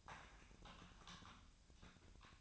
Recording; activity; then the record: daily activity, microphone in the room; typing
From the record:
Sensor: 2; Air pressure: 1009.3 hPa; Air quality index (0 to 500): 187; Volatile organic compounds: 11 ppm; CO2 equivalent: 2323 ppm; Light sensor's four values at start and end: 23/57/24/27 and 23/57/24/27